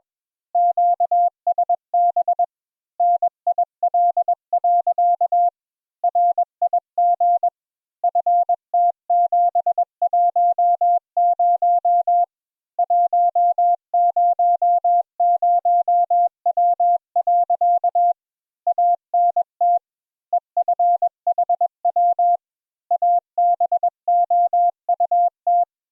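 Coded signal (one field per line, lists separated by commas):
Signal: Morse code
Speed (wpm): 21 wpm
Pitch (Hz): 700 Hz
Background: none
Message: QSB NIL. RIG FT710 100W. ANT EFHW ABOUT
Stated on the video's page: Morse code practice session.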